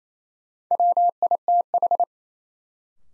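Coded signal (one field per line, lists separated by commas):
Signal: Morse code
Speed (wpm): 28 wpm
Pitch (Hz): 700 Hz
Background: none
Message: WITH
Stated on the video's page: New-word drill at 28 wpm: each word sent in Morse, then spoken, then sent again.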